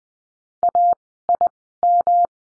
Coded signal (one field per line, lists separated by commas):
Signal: Morse code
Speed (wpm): 20 wpm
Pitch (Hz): 700 Hz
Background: none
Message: AIM